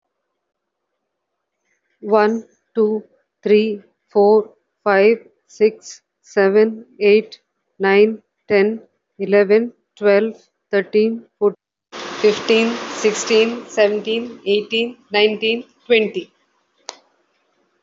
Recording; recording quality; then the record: counting at a normal pace; excellent, no background noise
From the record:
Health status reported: healthy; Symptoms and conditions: none ticked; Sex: female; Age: 49 years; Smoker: not ticked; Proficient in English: yes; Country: India